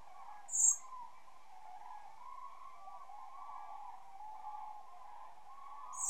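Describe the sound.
Common blackbird giving a single sharp, very high thin call, a second starting at the very end, over steady background hum.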